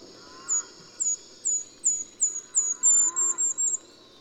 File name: Golden-crowned Kinglet